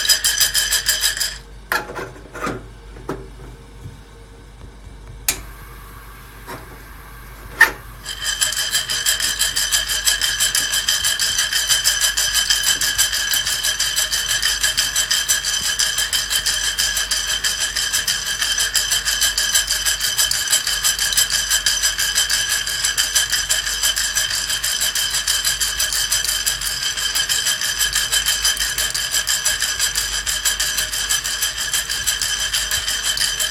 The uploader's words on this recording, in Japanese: 今朝は”キリマンジャロブレンド”生豆を焙煎。